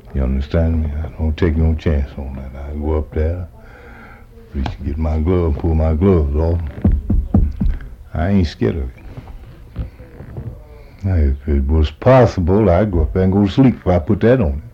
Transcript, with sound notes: You understand me, I don't take no chance on that. I can go up there, used to get my glove,--pull my gloves off.. [makes knocking sound] I ain't scared of it. Now, if it was possible, I'd go up there and go sleep, if I put that on there.